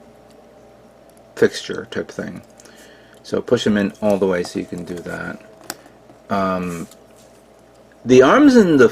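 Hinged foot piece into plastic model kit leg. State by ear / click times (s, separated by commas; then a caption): seated / 5.7 s. A hinged plastic foot piece of a 1/144 HG Gundam G40 model kit is pushed all the way into the kit's leg and locks into place with a sharp plastic snap at 5.7 s. Someone talks before and after the snap.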